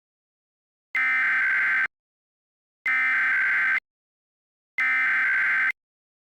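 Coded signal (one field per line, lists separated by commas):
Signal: Emergency Alert System (SAME) tones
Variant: header bursts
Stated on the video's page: Mock Illinois Required Monthly Test using DASDEC equipment with a nonstandard voice; simulated.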